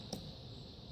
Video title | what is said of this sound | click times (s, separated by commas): Champion Dual Fuel Inverter Generator First Start! (& More Info) | So it just snaps into place here when you line it up. | 0.1 s